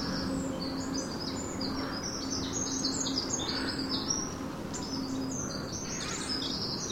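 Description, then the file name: Eurasian wren pouring out a continuous stream of very high, fast, tumbling notes throughout, over a low constant hum and background noise. "Troglodytes troglodytes"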